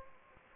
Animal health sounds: mosquito wingbeat signal from an infrared sensor; Anopheles gambiae

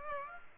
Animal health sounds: mosquito wingbeat signal from an infrared sensor; Culex pipiens

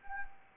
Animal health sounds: mosquito wingbeat signal from an infrared sensor; Anopheles arabiensis

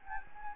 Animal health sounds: mosquito wingbeat signal from an infrared sensor; Anopheles gambiae

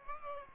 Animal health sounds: mosquito wingbeat signal from an infrared sensor; Aedes aegypti

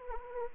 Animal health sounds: mosquito wingbeat signal from an infrared sensor; Anopheles arabiensis

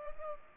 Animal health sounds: mosquito wingbeat signal from an infrared sensor; Culex pipiens

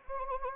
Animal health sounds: mosquito wingbeat signal from an infrared sensor; Anopheles arabiensis

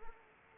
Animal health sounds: mosquito wingbeat signal from an infrared sensor; Anopheles arabiensis

